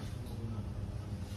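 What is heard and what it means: A slightly damaged plastic connector is handled at a car socket, with only a steady low rumble and no distinct transient audible. The connector has not seated or clicked in yet.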